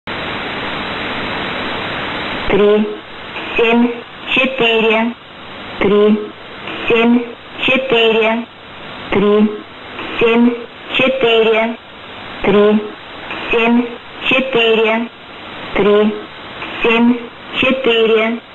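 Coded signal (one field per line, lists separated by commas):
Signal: numbers station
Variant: S06s, Russian female voice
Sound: woman's voice reading short evenly spaced Russian number words over hiss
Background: radio static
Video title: 12 02 2019 S06s Russian Lady numbers station in Russian to Eu 0715 on 6320 unknown tx site USB+AM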